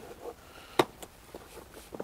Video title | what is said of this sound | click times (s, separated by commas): SUNPOW High Pressure Jet Wash HP1172 review by Benson Chik 165 Bar for less than £150, really? | now it locks in place so that | 0.8 s